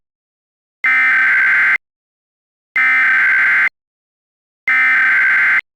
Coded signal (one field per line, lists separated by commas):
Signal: Emergency Alert System (SAME) tones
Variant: header bursts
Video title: EAS MOCK | Radiological nightmare.